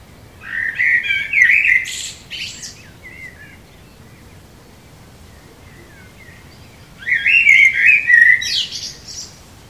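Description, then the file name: Common blackbird song: two warbled, fluty phrases, each ending in a high squeaky twitter, separated by about five seconds of quiet background hiss. "Turdus merula"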